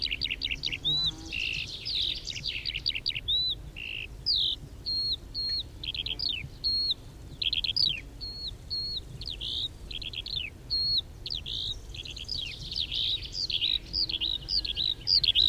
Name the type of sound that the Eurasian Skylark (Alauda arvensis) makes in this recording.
flight song